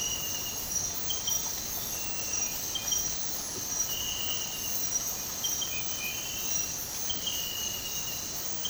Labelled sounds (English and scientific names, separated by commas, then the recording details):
none
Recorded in dense forest near Puerto Asís, Putumayo, Colombia, on 12 March 2025 at 06:00
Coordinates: 0.467, -76.328
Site G041